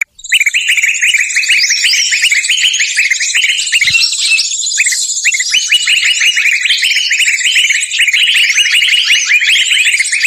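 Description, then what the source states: Bird calls: a busy, unbroken stream of high, rapid chirping and twittering notes the whole time. Lure sound used to attract wary, hard-to-approach birds.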